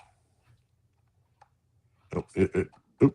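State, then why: Not seated. A miniature plastic collectible lightsaber piece is handled and pushed toward its plastic display or poster scene, with a faint small tick around 1.4 s. Someone talks near the end of the clip. Nothing has seated or clicked into place yet.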